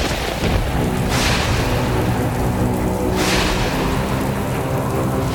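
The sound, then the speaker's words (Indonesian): Steady, hissing rain pours throughout as the sky suddenly darkens, while two sharp thunder crashes break through, one early and one midway, each a loud, bright burst that fades back into the downpour. “Langit mendadak gelap dan petir menyambar.”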